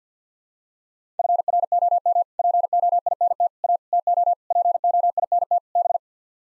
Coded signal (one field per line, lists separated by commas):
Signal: Morse code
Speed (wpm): 50 wpm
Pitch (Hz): 700 Hz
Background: none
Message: FROM POINT A TO POINT B